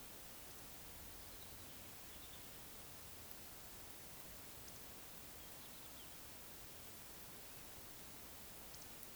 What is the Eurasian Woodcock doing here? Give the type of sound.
whistle